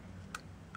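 A mounting screw (standoff) for a Cooler Master Nepton 140XL CPU water cooler is pushed into its slot in the cooler backplate and snaps into place. Two short, sharp clicks are heard at 0.4 s and 0.8 s over a steady low hum. The screw is seated.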